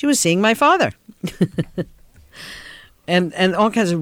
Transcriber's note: she laughs